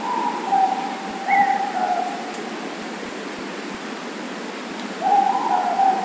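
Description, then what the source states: Morepork calls, a double hoot near the start and another hoot beginning after about five seconds, with steady rushing noise behind. Four moreporks calling.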